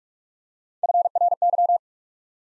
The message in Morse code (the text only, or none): FRY